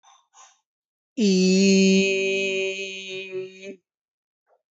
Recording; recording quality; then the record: sustained vowel as in beet; excellent, no background noise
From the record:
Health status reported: healthy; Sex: male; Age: 35 years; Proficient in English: yes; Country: India